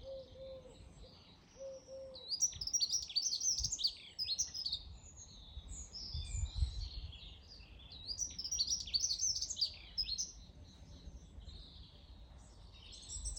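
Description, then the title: Bird chorus of rapid high chirps and twitters in bursts, opening with several short low whistled notes, over faint background rumble. Recorded in the morning. "Morning bird singing"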